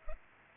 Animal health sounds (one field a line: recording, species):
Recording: mosquito wingbeat signal from an infrared sensor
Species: Culex pipiens